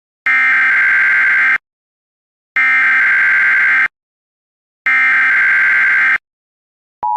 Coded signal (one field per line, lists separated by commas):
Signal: Emergency Alert System (SAME) tones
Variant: header bursts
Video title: EAS Classic: The EAS Interrupts Microsoft Sam Reads Computer Errors Part 2 (Misspelled Word)